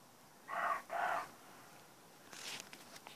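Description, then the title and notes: Roe deer barking twice in quick succession, hoarse and breathy, followed by a brief scratchy rustling noise. Young roe deer buck barking in the morning, trying to draw four does hesitant to leave cover into a meadow; Donzenac, Corrèze, France. "Donzenac, Corrèze, France - brame de chevreuil. Un jeune chevreuil, par son brame matinal, cherche à attirer dans le pré 4 chèvres qui hésitent à quitter le couvert"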